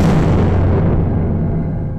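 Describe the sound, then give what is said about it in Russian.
A loud, booming explosion with a heavy low-end rumble that rolls on and slowly fades, its high crackle dying away first. Much bigger and deeper than a firecracker pop, with no voices. “— ответил волк, и тут же в его стороне взорвалось что-то куда более громкое, чем петарда.”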